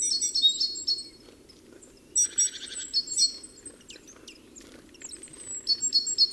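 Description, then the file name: Great tit calls: quick high chirping notes in short runs, broken by a buzzy burst near the middle, over steady low background noise. "Parus major"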